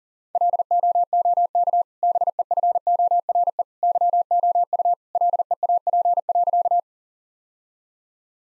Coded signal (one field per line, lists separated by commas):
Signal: Morse code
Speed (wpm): 37 wpm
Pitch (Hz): 700 Hz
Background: none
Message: LOOK BEFORE YOU LEAP.